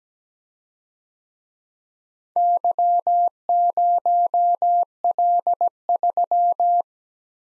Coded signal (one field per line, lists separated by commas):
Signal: Morse code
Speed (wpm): 20 wpm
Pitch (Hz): 700 Hz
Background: none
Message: Y0L3